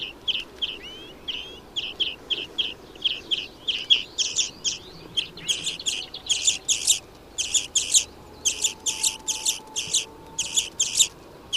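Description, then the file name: European greenfinch twittering, starting with lighter chirps and slurred notes, then louder rhythmic chirp bursts. "Chloris chloris"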